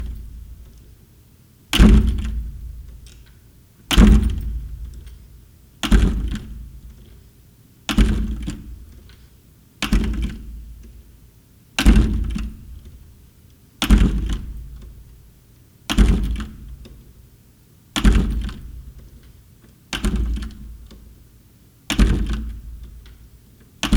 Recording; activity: daily activity, guitar pickup as the sensor; manipulate door